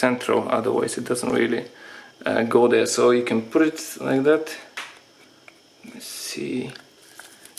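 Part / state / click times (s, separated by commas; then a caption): spring-loaded EGR valve electronic part into its groove on the valve / seated / 7.6 s. Someone talks while centring the spring-loaded electronic actuator part of a Peugeot/Citroen 1.6 HDi EGR valve in its groove on the valve, then rotates it a little against the spring action. A few faint handling ticks follow, and a sharp click at 7.6 s marks the part seating home.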